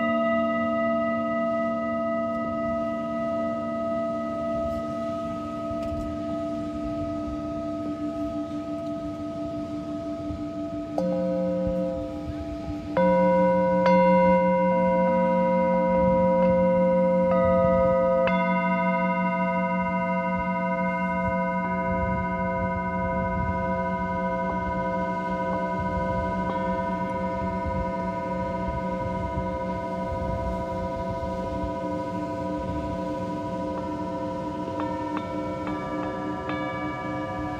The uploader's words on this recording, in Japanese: 満月のメキシカンカリブのビーチから月との共振。シンギングボウル。